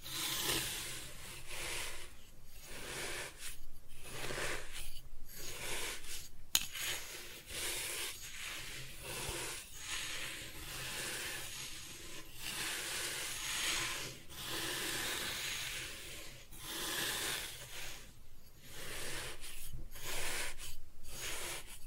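Kinetic sand is cut and scooped in a run of soft, gritty rasping strokes, each lasting a second or two with brief quiet gaps between them. The scraping is bright and grainy, fairly steady in level, with a sharp tap just past six seconds.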